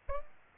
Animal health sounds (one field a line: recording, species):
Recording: mosquito wingbeat signal from an infrared sensor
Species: Aedes aegypti